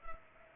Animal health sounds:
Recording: mosquito wingbeat signal from an infrared sensor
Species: Culex pipiens

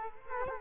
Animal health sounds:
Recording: mosquito wingbeat signal from an infrared sensor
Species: Culex quinquefasciatus

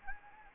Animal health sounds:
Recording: mosquito wingbeat signal from an infrared sensor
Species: Anopheles gambiae

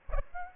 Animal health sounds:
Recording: mosquito wingbeat signal from an infrared sensor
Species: Aedes aegypti

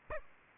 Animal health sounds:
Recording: mosquito wingbeat signal from an infrared sensor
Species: Aedes aegypti

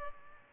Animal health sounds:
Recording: mosquito wingbeat signal from an infrared sensor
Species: Culex pipiens

